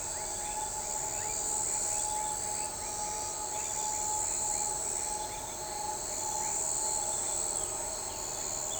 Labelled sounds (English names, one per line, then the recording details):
none
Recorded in shrubland near Pivijay, Magdalena, Colombia, on 15 April 2023 at 00:30
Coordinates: 10.453, -74.365
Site P5-G022